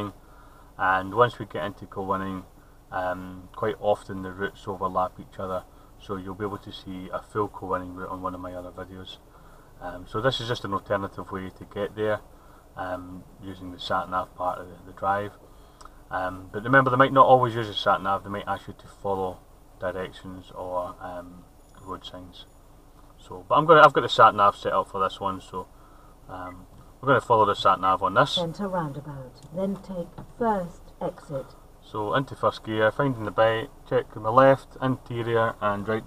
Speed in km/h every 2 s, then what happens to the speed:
0, 0, 0, 0, 0, 0, 0, 0, 0, 0, 0, 0, 0, 0, 0, 0, 0, 0.
0-36 standing.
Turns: none.